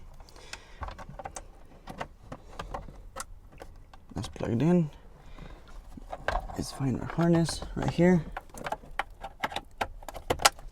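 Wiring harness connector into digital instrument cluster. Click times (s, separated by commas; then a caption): 10.3 s. A wiring harness connector is pushed into the back of a new digital instrument cluster during an install in a 5th-gen Camaro dash, while someone talks and small plastic taps and rustles are heard. The connector clicks in at about 10.3 s, seated and secured.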